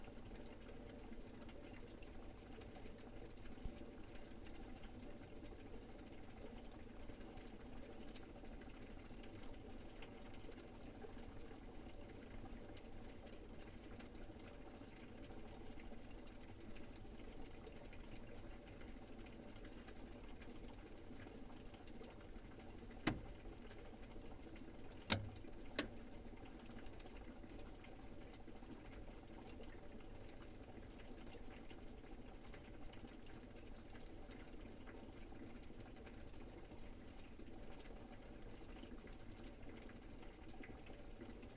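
A fridge hums steadily from inside, a dense low drone with a bubbling, motor-like churn that barely changes over the whole stretch. Around twenty-three and twenty-five seconds, a few sharp clicks or knocks stand out above the constant hum.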